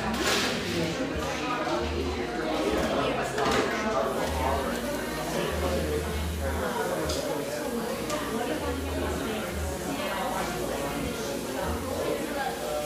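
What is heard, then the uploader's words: Indoor murmur of an espresso shop in Portland, Oregon: many overlapping voices chatter steadily throughout, none standing out clearly. A low hum pulses on and off in short bursts, and faint clinks and taps surface now and then through the busy, even din. The gentle hum of a wonderful neighborhood espresso shop, tucked away in a corner of the iconic coffee town of Portland, Oregon.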